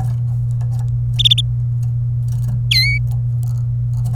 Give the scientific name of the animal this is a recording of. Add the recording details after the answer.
Serinus canaria. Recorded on 27 April 2018 at 13:47. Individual llb3